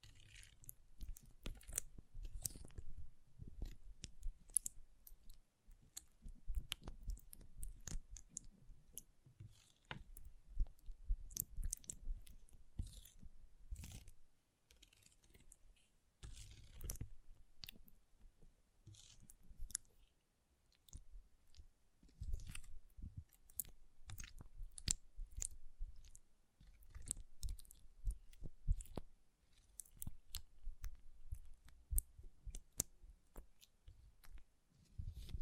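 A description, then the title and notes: Small water beads clatter and click in dense, irregular bursts, like handfuls being stirred or poured. The sharp ticks come in clusters with a soft low rumble underneath, pausing briefly around 14 and 20 seconds before resuming. ASMR Soothing & Deep Water Beads Sounds (No Talking).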